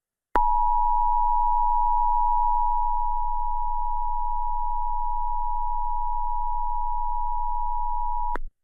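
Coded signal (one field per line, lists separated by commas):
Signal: Emergency Alert System (SAME) tones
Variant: 853 and 960 Hz attention tone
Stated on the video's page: Fictional EAS scenario about nuclear sabotage.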